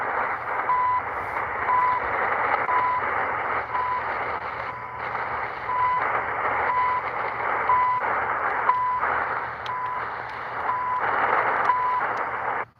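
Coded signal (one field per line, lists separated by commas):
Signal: radio time signal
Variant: CHU Canada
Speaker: I always love Chu Canada it's one of my favorite time signals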